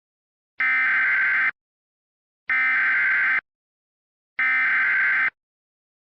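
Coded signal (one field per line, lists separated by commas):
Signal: Emergency Alert System (SAME) tones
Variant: header bursts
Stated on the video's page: Fictional EAS scenario using valid SAME tones that can activate SAME equipment.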